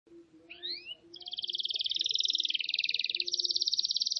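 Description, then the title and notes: Canary song opening with two rising whistled slurs, then a long rapid trill of repeated notes, steady and loud, with faint low background hum. Lure recording. "Pikat Burung. kenari"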